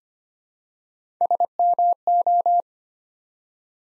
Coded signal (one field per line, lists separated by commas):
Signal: Morse code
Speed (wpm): 25 wpm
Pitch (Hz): 700 Hz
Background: none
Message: SMO